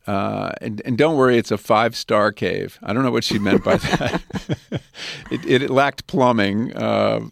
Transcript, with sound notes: And don't worry, it's a five-star cave. I don't know what she meant by that.
(LAUGHTER)
It lacked plumbing.